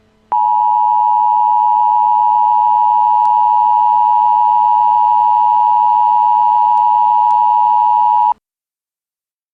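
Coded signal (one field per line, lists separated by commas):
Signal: Emergency Alert System (SAME) tones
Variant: 853 and 960 Hz attention tone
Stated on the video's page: Fictional Emergency Alert System scenario interrupting television, made for entertainment.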